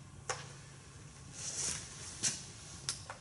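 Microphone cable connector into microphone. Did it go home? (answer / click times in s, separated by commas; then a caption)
yes / 2.9 s. A metal XLR microphone cable connector is pushed into a microphone until its latch clicks, seating it. A sharp click at 2.9 s marks the connection, with other brief taps at 0.3 s and 3.1 s and a soft rustle around 1.6 s over low background hum.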